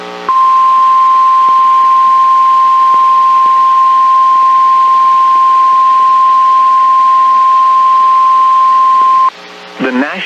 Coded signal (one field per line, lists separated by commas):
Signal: Emergency Alert System (SAME) tones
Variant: 1050 Hz attention tone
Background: speech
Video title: ALL CAUGHT THROUGH MY TFT (EAS Alerts: #322 - 336) - 6/15/22